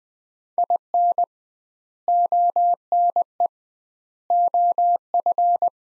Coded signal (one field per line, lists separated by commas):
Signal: Morse code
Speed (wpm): 20 wpm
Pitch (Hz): 700 Hz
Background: none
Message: IN ONE OF